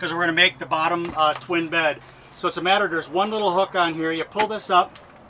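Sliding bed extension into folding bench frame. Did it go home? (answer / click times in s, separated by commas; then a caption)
no / none. Someone talks while handling the folding bench in a van, with its two cushions moved to the front to make the bottom twin bed; a hook on the bench is about to be pulled up so the bed extension can slide out of the bench frame and lock into place. Mostly speech is heard, and the bed extension has not seated or clicked into place yet.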